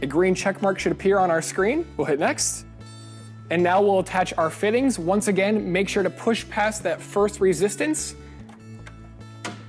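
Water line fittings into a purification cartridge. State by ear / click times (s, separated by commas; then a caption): seated / 8.9 s, 9.4 s. Someone talks over music while water line tube fittings are pushed past the first resistance onto a purification cartridge of a LabStrong Rapids Type I water purification system. The fittings snap into place at the top and bottom, heard as short clicks at 8.9 s and 9.5 s.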